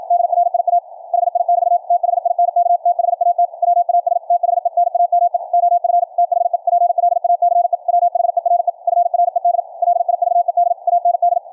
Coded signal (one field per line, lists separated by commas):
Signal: Morse code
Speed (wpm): 53 wpm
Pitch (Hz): 700 Hz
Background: none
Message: DRIA HI <BT> THINK THAT WAS THE NAME OF THE PLACE WHERE FRED LIVED AND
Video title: QRQ CW NET on 40 meters - recorded LIVE from an Elecraft K3S on 4-28-2019